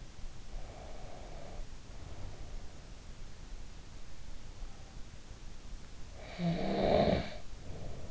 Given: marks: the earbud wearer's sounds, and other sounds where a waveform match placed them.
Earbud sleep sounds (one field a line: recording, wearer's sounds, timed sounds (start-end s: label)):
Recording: sounds in sleep by an in-ear microphone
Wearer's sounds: breath, snoring breath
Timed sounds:
0.65-2.47 s: breath
6.16-8.10 s: snoring breath